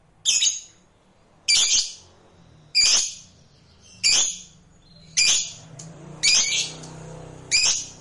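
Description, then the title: Lovebird calls, loud, harsh, piercing squawks repeated about once every second and a quarter, seven in all. "Suara Lovebird"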